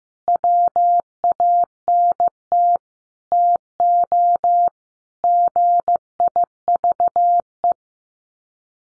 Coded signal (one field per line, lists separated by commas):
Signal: Morse code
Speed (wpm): 15 wpm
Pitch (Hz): 700 Hz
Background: none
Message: WANT TO GIVE